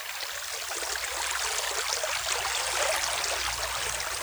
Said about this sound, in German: Es rauscht der Bach.